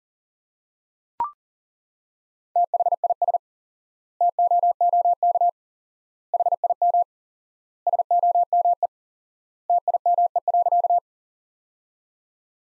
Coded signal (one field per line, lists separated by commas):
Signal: Morse code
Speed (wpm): 40 wpm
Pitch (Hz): 700 Hz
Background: none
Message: THIS TOOK HIM SOME TIME.